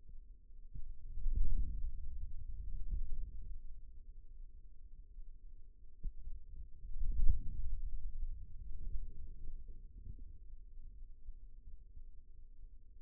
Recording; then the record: forearm muscle sounds (acoustic myography)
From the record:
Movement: hand closing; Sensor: system 2, bracelet of six BSWA MPA416 microphones around the upper forearm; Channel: 3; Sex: male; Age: 22 years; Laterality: right